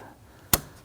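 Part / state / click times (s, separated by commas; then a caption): vacuum hose quick connector onto air box port / seated / 0.5 s. A plastic quick-connect on a vacuum hose is pushed onto its port on top of the air box of a 2010-2019 Ford Taurus. After near-silence, one sharp, broadband click at 0.5 s shows it locking into place, so the connector is seated.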